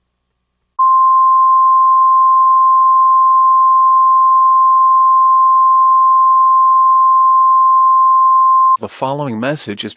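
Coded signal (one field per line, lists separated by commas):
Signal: Emergency Alert System (SAME) tones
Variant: 1050 Hz attention tone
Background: speech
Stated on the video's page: Simulated EAS national test tones with valid SAME tones, able to activate NOAA weather radios.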